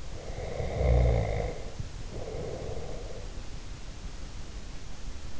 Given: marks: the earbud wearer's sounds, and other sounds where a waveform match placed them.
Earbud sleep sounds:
sounds in sleep by an in-ear microphone; snoring breath
0.29-3.35 s: snoring breath

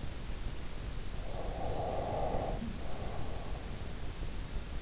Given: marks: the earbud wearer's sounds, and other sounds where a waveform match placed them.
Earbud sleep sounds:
sounds in sleep by an in-ear microphone; breath
1.30-3.83 s: breath

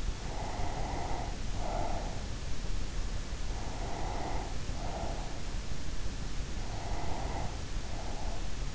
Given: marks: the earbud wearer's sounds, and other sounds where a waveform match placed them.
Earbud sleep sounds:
sounds in sleep by an in-ear microphone; breath
0.00-2.45 s: breath
3.63-5.80 s: breath
6.40-8.69 s: breath

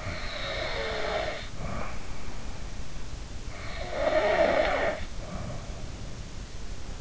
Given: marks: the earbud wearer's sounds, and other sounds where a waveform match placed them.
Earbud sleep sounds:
sounds in sleep by an in-ear microphone; snoring breath
0.00-1.98 s: snoring breath
3.57-6.29 s: snoring breath

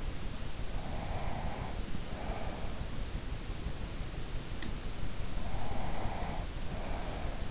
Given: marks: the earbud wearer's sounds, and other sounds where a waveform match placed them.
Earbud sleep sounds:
sounds in sleep by an in-ear microphone; breath
0.78-3.05 s: breath
5.49-7.50 s: breath

